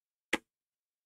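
A plastic armor piece is pressed onto the leg of a G1 Optimus Prime transforming robot model kit and clips into two slots. A single sharp click at 0.3 s marks the piece seating, and the rest of the clip is silent.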